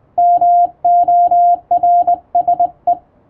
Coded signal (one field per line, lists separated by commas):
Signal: Morse code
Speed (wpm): 20 wpm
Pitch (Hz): 700 Hz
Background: none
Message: MORSE